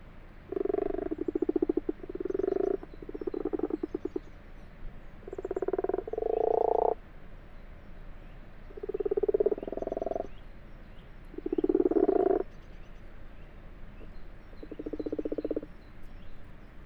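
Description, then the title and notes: Common frogs giving low, rattling purrs in bursts of one to two seconds, with short silences between. Common frogs purring in full daylight, 21 February 2020 at 12:45, abandoned water-filled wash house in a field, Fourcinet, Drôme, France; Nagra LB, binaural. "Ca roucoule dans le lavoir. 21 février 2020-12h45-Fourcinet - Drôme. roucouler les Grenouilles rousses (Rana temporia)"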